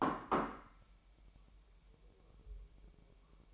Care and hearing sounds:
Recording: daily activity, microphone in the room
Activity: place plate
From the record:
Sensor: 1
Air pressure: 1002.0 hPa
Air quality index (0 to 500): 242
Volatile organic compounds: 48 ppm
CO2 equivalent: 3262 ppm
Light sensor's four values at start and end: 8/28/10/11 and 8/28/10/11

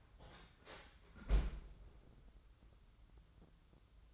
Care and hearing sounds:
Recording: daily activity, microphone in the room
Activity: close fridge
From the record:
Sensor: 3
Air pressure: 994.5 hPa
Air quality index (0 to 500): 208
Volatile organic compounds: 1000 ppm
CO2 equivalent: 6966 ppm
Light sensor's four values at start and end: 124/293/120/113 and 124/293/120/113

